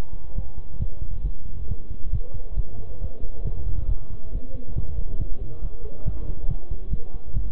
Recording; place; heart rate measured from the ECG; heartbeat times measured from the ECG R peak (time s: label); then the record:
heart sounds by stethoscope; between the tricuspid and mitral areas; 137 bpm
0.36 s: heartbeat
0.80 s: heartbeat
1.24 s: heartbeat
1.69 s: heartbeat
2.13 s: heartbeat
2.57 s: heartbeat
3.01 s: heartbeat
3.45 s: heartbeat
3.89 s: heartbeat
4.32 s: heartbeat
4.76 s: heartbeat
5.19 s: heartbeat
5.62 s: heartbeat
6.06 s: heartbeat
6.49 s: heartbeat
6.91 s: heartbeat
7.34 s: heartbeat
From the record:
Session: bicycle stress test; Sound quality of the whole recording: good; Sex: male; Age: 23 years